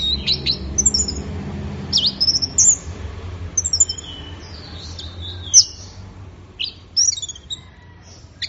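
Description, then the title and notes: Orange-headed thrush giving scattered high, thin whistled phrases and sharp chips, separated by short pauses. Bird in full song (gacor), used for training songbirds. "Anis Merah Gacor Teler. Kumpulan Suara Burung Anis"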